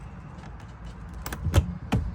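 The window stay on a hinged window of a 2009 Concorde Carver motorhome is pushed further open, with sharp latch clicks at 1.3, 1.3 and 1.9 seconds. The stay catches at the next latch position, which holds the window open at that level.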